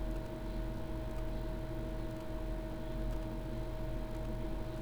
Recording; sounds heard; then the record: poultry house recording; no chicken sound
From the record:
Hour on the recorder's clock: 12